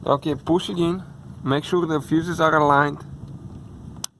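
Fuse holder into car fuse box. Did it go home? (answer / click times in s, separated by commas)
yes / 4.0 s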